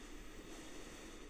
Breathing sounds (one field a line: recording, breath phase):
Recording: one breath near a microphone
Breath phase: inhalation